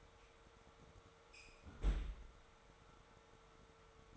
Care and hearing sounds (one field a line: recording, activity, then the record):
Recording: daily activity, microphone in the room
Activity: close fridge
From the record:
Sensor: 3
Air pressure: 1015.0 hPa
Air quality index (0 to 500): 201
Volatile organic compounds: 29 ppm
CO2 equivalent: 2937 ppm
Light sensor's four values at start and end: 37/93/40/43 and 37/93/40/43